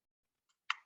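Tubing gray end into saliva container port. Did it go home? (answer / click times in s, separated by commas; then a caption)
yes / 0.7 s. The gray end of a 3-foot plastic tube is pushed into the port on top of a saliva container and seats with a click. A faint tick sounds at 0.5 s, then a sharp, bright click at 0.7 s that fades quickly, showing the tubing end has locked in place.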